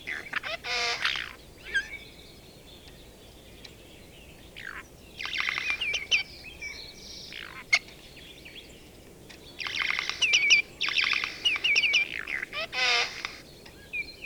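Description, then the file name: Eurasian jay making harsh, noisy rasping bursts in clusters separated by quiet gaps, with faint whistles and ticking clicks woven between them. "Garrulus glandarius"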